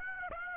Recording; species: mosquito wingbeat signal from an infrared sensor; Aedes aegypti